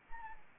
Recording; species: mosquito wingbeat signal from an infrared sensor; Anopheles arabiensis